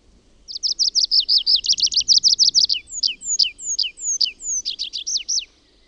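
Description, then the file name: Tree pipit singing a rapid high trill that slows into spaced, drawn-out descending notes, then quickens again into a few sharp downslurs. "METSAKIRVINEN"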